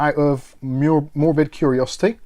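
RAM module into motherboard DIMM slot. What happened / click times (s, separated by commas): Handled, not yet home: no seating click / none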